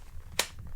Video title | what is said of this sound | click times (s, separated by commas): Tier 1 Concealed Axis Holster Review - ft. ON Three | a you can hear that positive, like, good audible click. It's in there. | 0.4 s